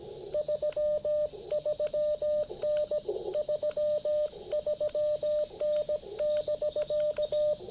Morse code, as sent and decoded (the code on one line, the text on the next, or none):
...-- ...-- -. / ...-- ...-- -. -...-.-
33N 33N<BK>